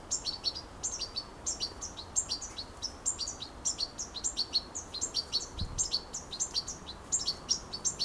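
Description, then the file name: European goldfinch twittering steadily, high metallic call notes tumbling quickly one after another, with one brief low thump midway. "Carduelis carduelis"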